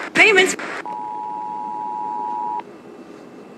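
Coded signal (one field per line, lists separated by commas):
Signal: Emergency Alert System (SAME) tones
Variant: 853 and 960 Hz attention tone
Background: speech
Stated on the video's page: Ohio Required Monthly Test.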